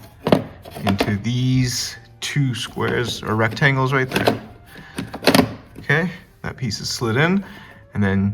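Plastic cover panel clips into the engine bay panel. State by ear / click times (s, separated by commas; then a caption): not seated / none. A plastic cover panel on a 2019-2022 Toyota Corolla is slid into two rectangular slots in the engine bay panel while someone talks, with a few brief handling knocks. The panel is in place but not yet pushed home; nothing has clicked or seated yet.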